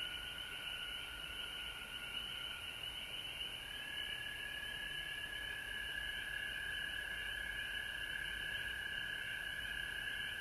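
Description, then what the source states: Frog chorus, a thick continuous trilling drone; a lower steady tone strengthens partway through while rapid pulsed calls run on above. Frogs recorded at home in Georgia on March 19, 2020.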